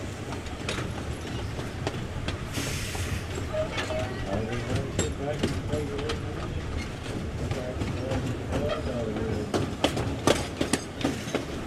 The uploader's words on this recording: Climb aboard this charming 1930s steam locomotive that once traversed the mountains between Alaska and the Yukon. Listen to the chugging of the train engine and rhythmic clatter of wheels on steel rails. The lush scenic woods and rolling hills of Tennessee blur past as you hitch a ride on the pride of Pigeon Forge at this Dollywood amusement park staple.